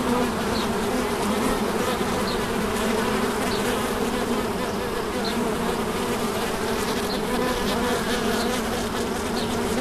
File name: Abeilles St Bonnet le Ch 30 07 16